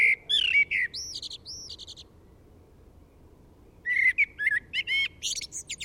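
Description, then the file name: Common blackbird song, two phrases with mellow whistles and arched high squeaky notes, the second phrase starting after a silent gap of about two seconds. "Turdus merula"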